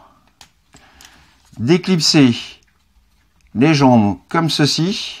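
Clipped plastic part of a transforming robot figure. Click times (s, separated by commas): 0.4 s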